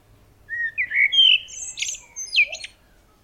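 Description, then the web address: Eurasian blackbird song: a rich, rising fluted phrase followed by a scratchy, high-pitched twittering flourish, with a quiet background. Song, written in Dutch as 'dudeljoo'. "geluiden merel zang dudeljoo"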